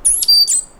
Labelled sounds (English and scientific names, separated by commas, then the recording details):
Stitchbird (Notiomystis cincta) song
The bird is a male
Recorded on Tiritiri Matangi Island, New Zealand, in 2005
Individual 9, of nest box 11